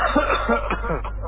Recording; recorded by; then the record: voluntary cough; telephone call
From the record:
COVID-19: positive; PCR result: checked with the laboratory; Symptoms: no